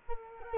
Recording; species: mosquito wingbeat signal from an infrared sensor; Culex quinquefasciatus